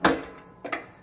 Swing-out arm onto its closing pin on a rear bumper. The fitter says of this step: in locks into place and your